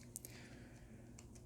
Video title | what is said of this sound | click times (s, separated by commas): Anakin Skywalker's Jedi Starfighter from Jazwares | and push forward. You hear the click. It's in. It's pretty sturdy. | 0.2 s